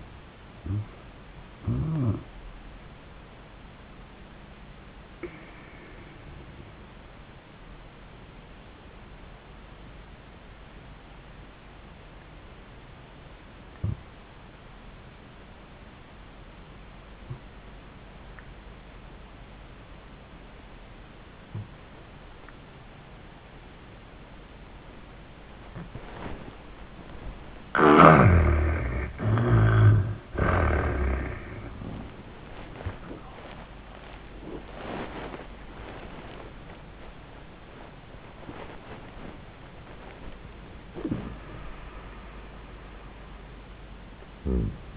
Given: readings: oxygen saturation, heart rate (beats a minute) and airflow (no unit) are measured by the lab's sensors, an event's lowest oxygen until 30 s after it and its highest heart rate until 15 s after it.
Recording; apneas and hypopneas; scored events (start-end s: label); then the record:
breathing in sleep by a voice recorder at the bedside; 1
5.00-28.60 s: obstructive apnea (N1, oxygen 95% highest, then 77% lowest, heart rate 96 at the start, 103 highest)
From the record:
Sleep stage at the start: N1 (lightest sleep); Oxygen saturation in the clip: 76 to 95%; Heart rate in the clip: 78 to 103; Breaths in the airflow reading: 4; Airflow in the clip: -24.0 to 22.6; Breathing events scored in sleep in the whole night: 400 in 8.7 hours asleep